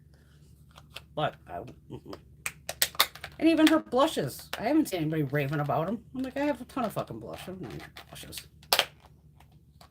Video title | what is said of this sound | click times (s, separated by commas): Live Stream: Macy's Haul & Boxy Charm Luxe + Chit Chat and Trying on the New Makeup | oh and this just clicks back in front of you though | 8.7 s